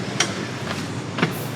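The rear bench seat of an ID. Buzz camper van is pulled one more position out into sleep mode, and its seat latch locks with a sharp click at 0.2 s. A second, softer knock follows at 1.2 s over a steady low background hum. The seat is latched into the sleep position.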